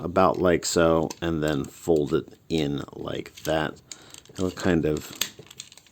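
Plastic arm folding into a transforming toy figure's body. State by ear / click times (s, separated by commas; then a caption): seated / 5.6 s. Someone talks while rotating a plastic transforming toy figure's arm and folding it in toward the body during transformation. Small clicks follow near the end, and the arm joint pops into place at about 5.6 s, seating into position.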